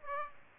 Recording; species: mosquito wingbeat signal from an infrared sensor; Aedes aegypti